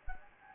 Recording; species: mosquito wingbeat signal from an infrared sensor; Anopheles gambiae